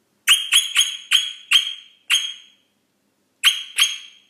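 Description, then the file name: Rosella call series: sharp, bright notes given in a quick run of six, a pause, then two more. "Canto da Rosela"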